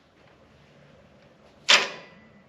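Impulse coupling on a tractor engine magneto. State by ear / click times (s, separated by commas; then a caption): released / 1.7 s. While timing the engine on a 1939 Farmall H tractor, the engine is rotated back slowly by hand until the magneto's spring-loaded impulse coupling trips. After a quiet, low background, one sharp metallic click sounds at 1.7 s and rings out briefly, showing that the coupling has released.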